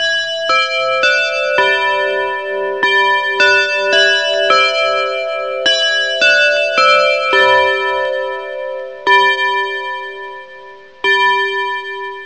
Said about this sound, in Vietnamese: Một hồi chuông đồng hồ báo thức vang lên, đã là đúng 12 giờ đêm.